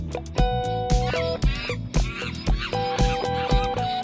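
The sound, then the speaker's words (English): Duck quacks come in short nasal bursts over a loud, steady disco beat with thumping drums and sustained synth chords, repeating every second or so. “Getting funky ducks.”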